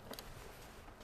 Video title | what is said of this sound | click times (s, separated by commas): McClain's Virtual RV Show Day 2 | you hear it snap it means it's good to go | 0.1 s, 0.2 s